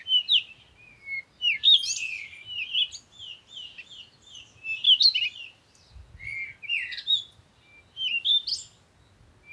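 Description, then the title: Birds chirping and warbling in frequent bursts, quick high notes tumbling over each other, with a few downslurred whistles; a brief low rumble midway. Morning birds recorded outdoors in nature while on vacation. "Morning Birds Meditation - Spiritually Fit with Amelia Andaleon"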